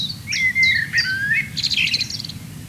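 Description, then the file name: Common blackbird song: rich, slurred whistles rising and falling, closing in a burst of high scratchy twittering, with a faint low rumble. "Turdus merula"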